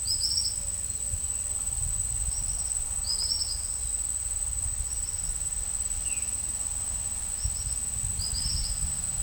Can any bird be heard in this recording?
yes